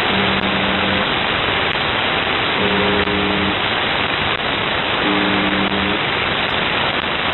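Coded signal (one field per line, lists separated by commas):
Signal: channel marker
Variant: UVB-76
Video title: UVB 76 4625 KHZ 206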